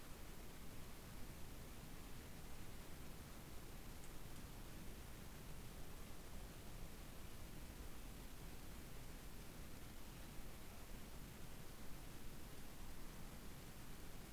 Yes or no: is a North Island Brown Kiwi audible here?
no